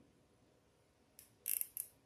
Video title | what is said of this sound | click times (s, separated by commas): Trendy Tree Deco Mesh Sunflower Wreath | when it's locked you'll hear the clicking | 1.2 s, 1.5 s, 1.6 s, 1.8 s